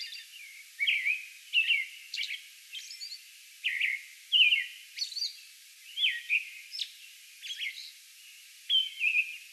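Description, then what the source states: American robin caroling: a series of whistled phrases, some followed by brief high squeaky notes. Song bout recorded on May 11.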